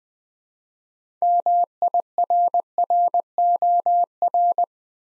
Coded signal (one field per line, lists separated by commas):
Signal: Morse code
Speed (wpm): 20 wpm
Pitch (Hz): 700 Hz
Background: none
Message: MIRROR